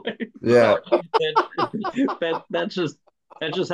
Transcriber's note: laughing